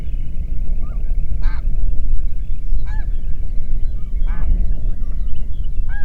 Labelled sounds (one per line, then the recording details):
songbird
waterfowl
wind
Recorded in the Prudhoe Bay oil fields, Alaska, on 8 June 2019 at 04:50
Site 30